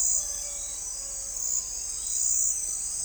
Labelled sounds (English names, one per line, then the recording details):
none
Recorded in forest near Pivijay, Magdalena, Colombia, on 3 June 2023 at 05:00
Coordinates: 10.467, -74.380
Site Z5-G034